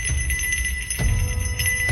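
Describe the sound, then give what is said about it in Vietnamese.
A small brass bell on a purple wooden log jingles with bright, sustained ringing tones after being struck with a black iron rod, struck again a few times so the chime keeps shimmering over a low background rumble. “Cái chuông đồng bị chạm vào kêu lên leng ca leng keng.”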